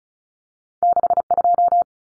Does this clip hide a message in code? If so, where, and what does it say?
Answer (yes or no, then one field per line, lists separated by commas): yes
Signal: Morse code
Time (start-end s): 0.8-1.8 s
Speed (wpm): 34 wpm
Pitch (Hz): 700 Hz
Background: none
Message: 62